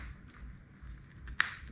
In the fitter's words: push it in firm till it clicks